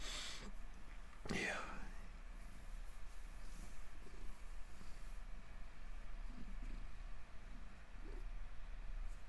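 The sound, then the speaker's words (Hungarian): A soft, steady low purring of a cat being petted on its belly rumbles on throughout, quiet and continuous, with one brief rustling scrape near the start. “Közben itt simogatom a cicát, mert nem lehet kibírni, hogy ne simogassam a kis babaszőröket a hasán, amik még mindig nem nőttek vissza teljesen, úgyhogy ilyen elképesztően puhák.”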